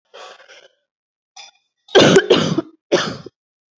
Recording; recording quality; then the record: heavy voluntary cough; excellent, no background noise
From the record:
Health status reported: exposed to COVID-19, no respiratory illness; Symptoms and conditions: cough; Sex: female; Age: 41 years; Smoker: no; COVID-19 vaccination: both doses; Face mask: not worn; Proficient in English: yes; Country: India